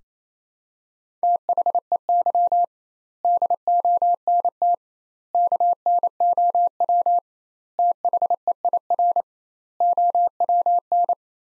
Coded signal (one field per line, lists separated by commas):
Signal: Morse code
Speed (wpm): 28 wpm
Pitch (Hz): 700 Hz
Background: none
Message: THEY DONT KNOW THEIR OWN